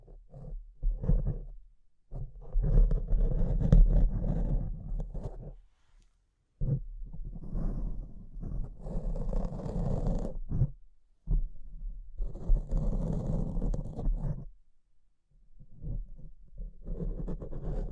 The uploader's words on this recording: ASMR Brain Melting Mic Scratching (No Talking).